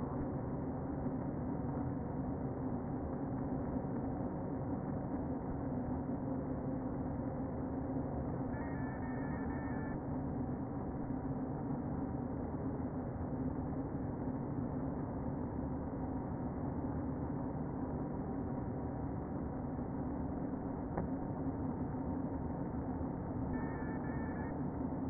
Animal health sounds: honeybee colony, microphone inside the hive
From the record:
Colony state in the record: queen present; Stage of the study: before two queens were removed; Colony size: about 60,000 bees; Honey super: yes

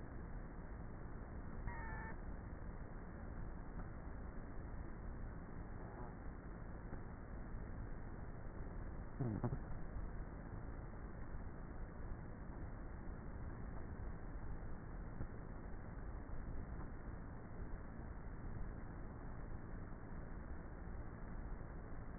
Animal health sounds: honeybee colony, microphone inside the hive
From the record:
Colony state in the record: queenless with a low population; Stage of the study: before two queens were removed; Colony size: about 30,000 bees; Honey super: no

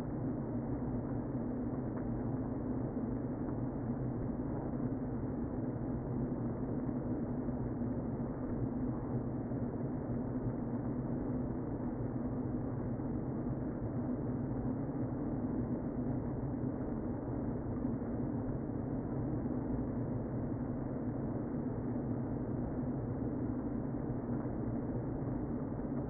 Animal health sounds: honeybee colony, microphone inside the hive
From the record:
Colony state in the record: queen present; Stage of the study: before two queens were removed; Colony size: about 60,000 bees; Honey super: yes

